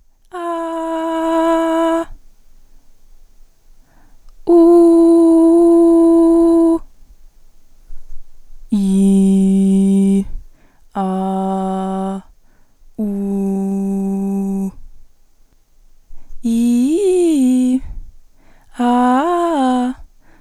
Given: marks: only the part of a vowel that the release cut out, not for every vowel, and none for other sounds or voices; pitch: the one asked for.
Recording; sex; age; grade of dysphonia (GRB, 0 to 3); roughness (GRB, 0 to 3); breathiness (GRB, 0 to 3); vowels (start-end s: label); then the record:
sustained vowels; female; 20 to 29 years; 0; 0; 0
0.53-1.84 s: vowel /a/, high pitch
4.80-6.56 s: vowel /u/, high pitch
8.91-10.03 s: vowel /i/, low pitch
11.08-12.09 s: vowel /a/, low pitch
13.23-14.52 s: vowel /u/, low pitch
16.61-17.70 s: vowel /i/, low-high-low pitch
18.90-19.81 s: vowel /a/, low-high-low pitch
From the record:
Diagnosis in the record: healthy voice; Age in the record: 20 years